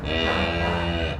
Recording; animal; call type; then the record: contact call of a hoofed animal; cattle; low-frequency (closed-mouth) or high-frequency (open-mouth) call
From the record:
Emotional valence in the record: negative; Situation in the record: full separation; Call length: 1.21 s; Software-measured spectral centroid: 1800 Hz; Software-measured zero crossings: 2360 a second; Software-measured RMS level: -24 dBFS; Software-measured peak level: -9 dBFS